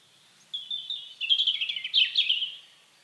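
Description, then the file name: European robin producing a steady, high, liquid warble with quick flickering notes, rising slightly in loudness before fading. "Erithacus rubecula"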